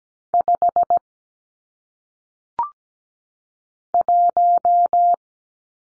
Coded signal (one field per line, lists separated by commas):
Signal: Morse code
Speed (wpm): 17 wpm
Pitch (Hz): 700 Hz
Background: none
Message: 5 1